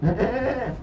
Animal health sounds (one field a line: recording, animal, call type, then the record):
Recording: contact call of a hoofed animal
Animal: goat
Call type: low-frequency (closed-mouth) or high-frequency (open-mouth) call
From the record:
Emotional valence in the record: positive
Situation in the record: food anticipation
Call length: 0.83 s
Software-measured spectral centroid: 1290 Hz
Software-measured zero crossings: 1060 a second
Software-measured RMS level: -24 dBFS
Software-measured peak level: -8 dBFS